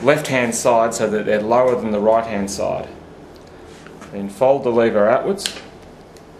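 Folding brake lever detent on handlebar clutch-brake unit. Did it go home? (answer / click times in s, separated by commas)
released / 6.2 s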